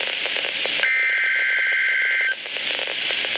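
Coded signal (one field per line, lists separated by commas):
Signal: Emergency Alert System (SAME) tones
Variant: header bursts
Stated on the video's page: Severe Thunderstorm Watch received on NOAA Weather Radio station WXJ87 in Madison, Wisconsin.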